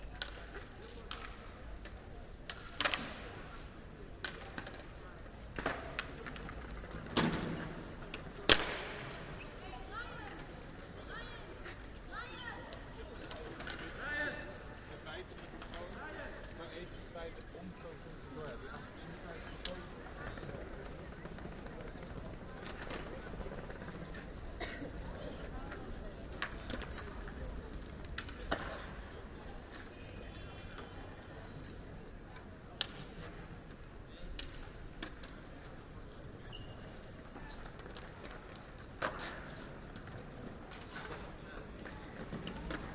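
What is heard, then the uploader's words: Kids skateboard on an open city square, wheels rolling steadily under sharp clacks and slaps of boards landing, most clustered in the first ten seconds and then scattered. Voices chatter throughout, with a low hum of traffic behind. Skateboarding Spuiplein Den Haag. A sunny Sunday in The Hague. Kids are skateboarding on the Spuiplein using improvised obstacles.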